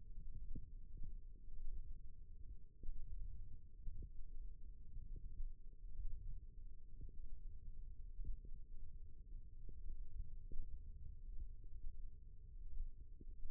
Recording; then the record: forearm muscle sounds (acoustic myography)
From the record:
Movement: thumb flexion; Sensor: system 1, eight BSWA MPA416 microphones around the upper forearm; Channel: 2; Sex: female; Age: 21 years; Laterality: right